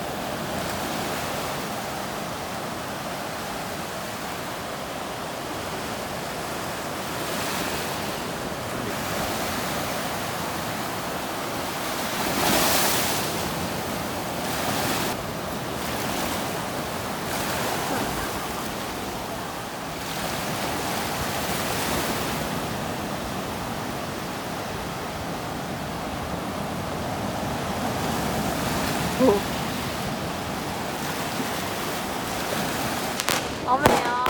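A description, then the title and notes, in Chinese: Steady ocean surf washes ashore in a dense, hissing roar, with a brighter wave surge near thirteen seconds and a few sharp clicks near the end. 各種大海之聲。沙灘踏浪看海龜的聲音。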